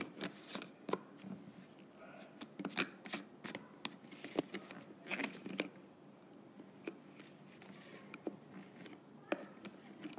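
A lid is being unscrewed, with a string of short, sharp clicks and scrapes spread irregularly across the ten seconds, clustered most densely around the three- and five-second marks. Between them runs a soft, gritty rubbing, and the clicks thin out toward the end.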